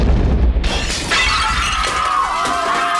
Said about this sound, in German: Die Explosion ließ die ganze Straße erbeben.